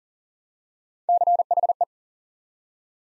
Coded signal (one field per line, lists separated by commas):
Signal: Morse code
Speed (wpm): 40 wpm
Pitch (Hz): 700 Hz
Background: none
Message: CHE